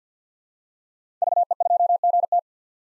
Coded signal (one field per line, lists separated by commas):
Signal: Morse code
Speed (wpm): 50 wpm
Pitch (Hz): 700 Hz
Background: none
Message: VE2GT